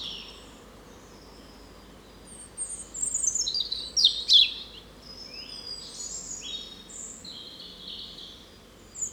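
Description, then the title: European robin singing high, thin warbling phrases with sharp twittering notes, set against a steady soft background hiss. Spring song in a small wood along the Rouquette stream, Saint-Jean, France; recorded with a Dodotronic Highsound parabolic dish and Zoom H4n Pro. "53 Chemin Bellevue, Saint-Jean, France - Chant printanier : Rouge Gorge"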